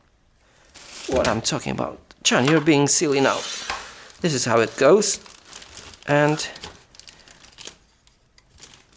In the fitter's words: I mean it works it doesn't snap snap on or anything but it might work